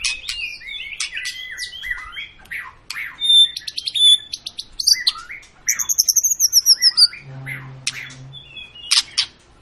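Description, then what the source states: White-rumped shama song of high whistled notes, sharp chips and quick repeated trill bursts, ending with a low hum and a few loud notes. Long lure song of a lively singing (gacor) white-rumped shama, used to make other birds sing.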